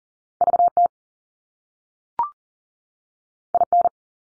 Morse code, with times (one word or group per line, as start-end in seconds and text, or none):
0.4-0.7 V
0.8-0.9 T
3.5-3.6 I
3.7-3.9 N